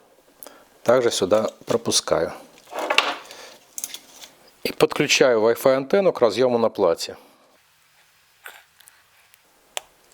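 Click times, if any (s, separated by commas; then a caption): 9.8 s. Someone talks while routing the Ethernet cable with power through, then pushes the small coaxial Wi-Fi antenna plug onto its socket on the circuit board of a faulty BESDER Wi-Fi security camera being repaired. A few faint taps follow, then a sharp, loud click at 9.8 s as the plug snaps onto the board and seats.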